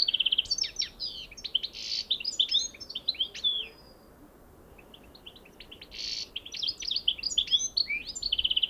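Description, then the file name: European goldfinch song: fast tinkling twitters and buzzy trills in two bursts separated by a brief pause. "Carduelis carduelis"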